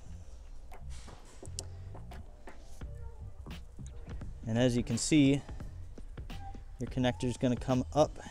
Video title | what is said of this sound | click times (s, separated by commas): 1.4 Gen 2 Cruze Flex Fuel Install | you'll feel it and hear it click | 1.6 s